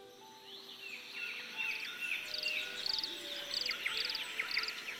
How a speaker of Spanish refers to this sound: Amaba el sonido de los pájaros, el arroyo, la brisa y siempre que estaba allí, se empezaba a sentir mejor.